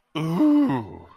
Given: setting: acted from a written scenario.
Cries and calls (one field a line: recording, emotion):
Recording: vocal sound without words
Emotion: desire